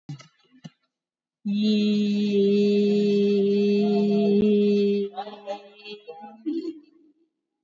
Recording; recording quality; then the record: sustained vowel as in beet; excellent, no background noise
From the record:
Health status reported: COVID-19 positive, moderate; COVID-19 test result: positive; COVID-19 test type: RT-PCR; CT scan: taken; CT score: 17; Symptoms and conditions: cough, cold, fatigue, asthma, hypertension, diabetes, another condition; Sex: female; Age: 56 years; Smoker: no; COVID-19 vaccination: one dose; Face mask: worn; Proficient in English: yes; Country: India